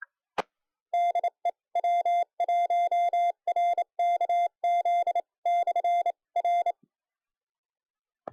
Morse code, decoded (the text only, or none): E DE W1RKZ/R